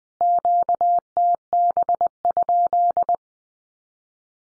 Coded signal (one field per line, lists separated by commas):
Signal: Morse code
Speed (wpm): 20 wpm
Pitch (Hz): 700 Hz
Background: none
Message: QTB?